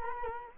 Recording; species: mosquito wingbeat signal from an infrared sensor; Culex quinquefasciatus